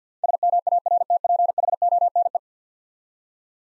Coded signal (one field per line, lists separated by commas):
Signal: Morse code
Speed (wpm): 50 wpm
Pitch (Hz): 700 Hz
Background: none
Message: SMARTPHONE